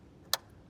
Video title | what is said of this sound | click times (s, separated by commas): How To Vacuum an Above Ground Pool - 2026 | There it goes. I heard it click in. I can feel it. | 0.3 s